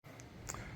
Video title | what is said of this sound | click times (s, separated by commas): 20260721 630 Rickshaw Warranty Claim2 | All right, the chassis battery is now plugged in, locked into place. | 0.5 s